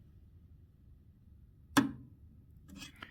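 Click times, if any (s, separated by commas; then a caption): 1.8 s. A male antenna cable connector is pushed onto the female antenna port connector of an already-mounted UG67 outdoor gateway, over a low background hum. A sharp, bright click at 1.8 s shows it has seated, and a fainter tick follows at about 3.0 s.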